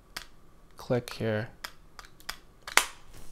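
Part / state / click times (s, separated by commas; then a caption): hinged lid of a wireless earbud charging case / seated / 0.2 s. The hinged plastic lid of an older wireless earbud charging case is closed to compare it with a new, softer-closing case, and it snaps shut with a distinct click at 0.2 s. Someone talks briefly, and several more sharp clicks and taps follow, the loudest near 2.8 s. The lid seats shut with a firmer click than the new case.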